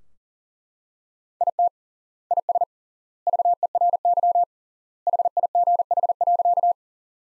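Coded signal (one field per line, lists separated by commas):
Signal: Morse code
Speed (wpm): 40 wpm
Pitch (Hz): 700 Hz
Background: none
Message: IT IS VERY HIGH.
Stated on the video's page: Morse practice sentences from the top 200 words at 40 wpm with 3x standard word spacing, a Farnsworth-like method applied to words.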